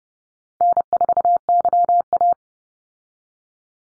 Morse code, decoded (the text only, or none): N4YA